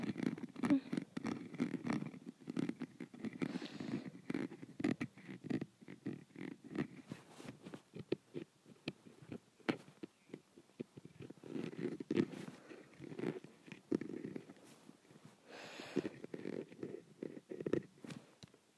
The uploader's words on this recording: ASMR Scratching my Window.